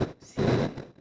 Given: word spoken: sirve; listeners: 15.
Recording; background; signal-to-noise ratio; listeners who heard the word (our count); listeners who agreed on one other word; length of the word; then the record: one Spanish word in noise, from a listening test; noise modulated by one talker; -12.2 dB; 2 of 15; 6 of 15; 0.61 s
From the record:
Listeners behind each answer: 6, 3, 2, 1, 1, 1, 1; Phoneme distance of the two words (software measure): 38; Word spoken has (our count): 2 syllables, 5 phonemes, stress on syllable 1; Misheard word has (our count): 2 syllables, 7 phonemes, stress on syllable 1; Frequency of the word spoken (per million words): 60.85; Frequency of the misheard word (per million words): 731.24